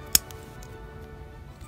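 A plastic 3D crystal puzzle piece, lined up by its edges, is pressed onto the adjoining puzzle piece and snaps into place with a sharp, loud click at 0.2 s. Two much fainter ticks follow at about 0.3 s and 0.6 s over a quiet background.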